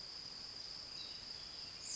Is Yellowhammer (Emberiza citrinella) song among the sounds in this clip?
no